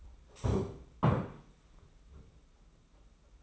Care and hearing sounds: daily activity, microphone in the room; stand up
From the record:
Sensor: 1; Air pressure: 991.7 hPa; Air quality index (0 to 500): 152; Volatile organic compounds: 1000 ppm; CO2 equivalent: 5643 ppm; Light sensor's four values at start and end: 30/102/39/40 and 29/99/38/39

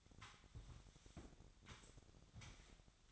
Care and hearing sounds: daily activity, microphone in the room; sweep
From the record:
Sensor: 3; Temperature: 25.7 degrees Celsius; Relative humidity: 37.5%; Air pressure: 1006.9 hPa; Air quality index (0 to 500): 204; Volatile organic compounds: 18 ppm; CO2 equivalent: 2612 ppm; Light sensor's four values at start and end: 10/25/10/10 and 11/25/10/10

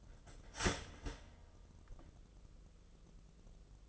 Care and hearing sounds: daily activity, microphone in the room; start toaster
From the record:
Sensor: 4

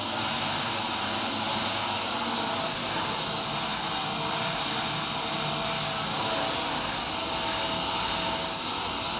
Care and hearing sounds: daily activity, microphone in the room; vacuum cleaning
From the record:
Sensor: 2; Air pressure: 994.3 hPa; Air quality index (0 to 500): 213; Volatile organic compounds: 1000 ppm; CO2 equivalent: 7027 ppm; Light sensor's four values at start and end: 50/115/49/49 and 50/115/49/49

